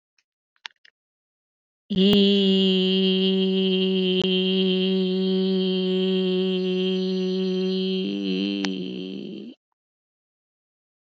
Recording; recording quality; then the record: sustained vowel as in beet; excellent, no background noise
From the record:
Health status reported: recovered from COVID-19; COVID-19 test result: positive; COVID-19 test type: RT-PCR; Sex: female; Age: 59 years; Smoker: no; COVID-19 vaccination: both doses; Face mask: not worn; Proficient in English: yes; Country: India